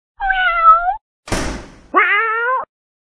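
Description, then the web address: Cat meows: a steady drawn-out meow, then a brief noisy burst, then a second, slightly rising meow. Used as a ringtone. "Real Cats"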